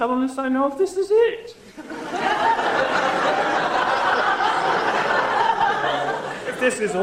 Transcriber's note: laughing